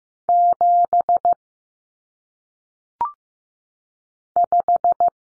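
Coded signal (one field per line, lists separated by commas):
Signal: Morse code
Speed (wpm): 15 wpm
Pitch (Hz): 700 Hz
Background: none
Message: 7 5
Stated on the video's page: Lesson on common single-digit cut numbers at 15 wpm; T, A, N stand for 0, 1, 9; each sent, spoken, sent again.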